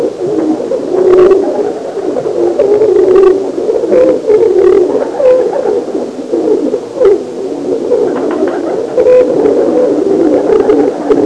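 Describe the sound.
Pigeons cooing in low, soft, rolling phrases that overlap continuously.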